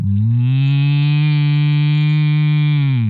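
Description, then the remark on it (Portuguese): A person imitates an ox with one long, sustained low moo lasting about three seconds, steady and loud, with rich harmonics and a slight pitch drop at the end. “Boi, você sabe, faz um boi aí. Você faz um boi como ninguém.”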